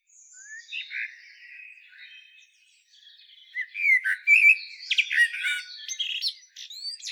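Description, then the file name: Common blackbird song: soft rambling warble that builds into a louder fluted phrase broken by squeaky, clicking high twitters. "Turdus merula"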